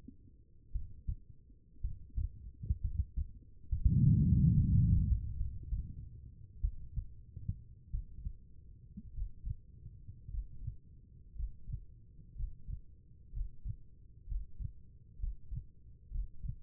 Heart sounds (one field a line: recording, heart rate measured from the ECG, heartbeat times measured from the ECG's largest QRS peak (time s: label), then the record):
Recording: heart sounds by stethoscope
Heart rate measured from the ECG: 59 bpm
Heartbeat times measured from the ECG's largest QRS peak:
0.72 s: heartbeat
1.81 s: heartbeat
2.81 s: heartbeat
3.69 s: heartbeat
4.55 s: heartbeat
5.37 s: heartbeat
6.61 s: heartbeat
7.90 s: heartbeat
9.13 s: heartbeat
10.29 s: heartbeat
11.34 s: heartbeat
12.35 s: heartbeat
13.32 s: heartbeat
14.26 s: heartbeat
15.18 s: heartbeat
16.10 s: heartbeat
From the record:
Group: healthy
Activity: rest 0-4 s, breath hold 4-17 s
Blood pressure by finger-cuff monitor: 86/53 mmHg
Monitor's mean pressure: 63 mmHg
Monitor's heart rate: 55 bpm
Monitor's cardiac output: 4.3 L/min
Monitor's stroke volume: 76 mL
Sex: female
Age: 36 years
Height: 163 cm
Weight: 88 kg